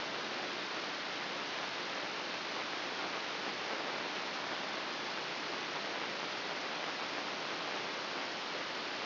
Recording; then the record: brain microelectrode recording played as sound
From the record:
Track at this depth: inside the subthalamic nucleus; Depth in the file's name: 3.029 mm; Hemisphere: left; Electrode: 3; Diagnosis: Parkinson's disease